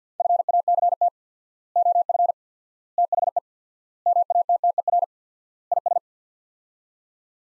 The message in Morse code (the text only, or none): FACT OF THE MATTER IS